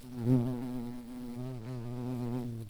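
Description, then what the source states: Garden bumblebee buzzing steadily, a low droning hum with rich harmonics that swells slightly early on and wavers gently in pitch throughout. Queens.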